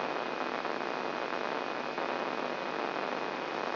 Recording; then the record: brain microelectrode recording played as sound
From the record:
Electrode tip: outside the subthalamic nucleus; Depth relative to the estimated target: 1.5 mm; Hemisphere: right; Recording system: AlphaMap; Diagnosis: Parkinson's disease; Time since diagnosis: 11 years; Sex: male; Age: 67 years